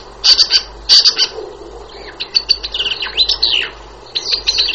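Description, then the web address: Shrike giving harsh, buzzy high notes in quick clusters, followed by a rapid jumble of squeaky chirps and chatter. "wroblowe laniidae"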